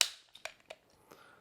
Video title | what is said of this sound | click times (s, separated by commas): Steam Crave Titan Advanced Kit | There we go, it snaps out. It's got a nice click to it, but there is no hinge. | 0.0 s